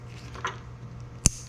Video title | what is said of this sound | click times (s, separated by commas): Custom Dynamics Saddlebag Lights Install - 2024 Harley Road Glide Upgrade | Push it until you hear it snap. | 1.3 s